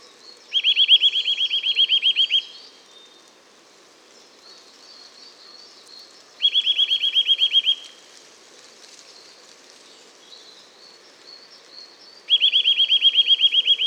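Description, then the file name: Eurasian nuthatch repeating a rapid, rattling trill of clear piping notes three times, each burst under two seconds, with soft background chatter between. "Sitta europaea"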